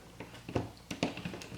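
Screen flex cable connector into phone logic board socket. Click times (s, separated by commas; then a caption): 1.0 s. A ribbon flex cable connector from the iPhone 5c screen assembly is pressed down onto its socket on the phone's logic board during reassembly after an earpiece speaker replacement. A few soft taps and handling sounds come first, then a sharp, short click at 1.0 s as the connector seats, followed by lighter taps.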